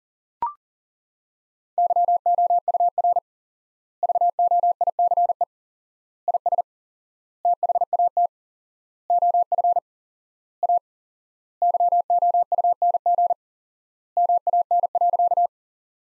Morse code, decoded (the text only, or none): YOUR VOICE IS THAT OF A YOUNG MAN.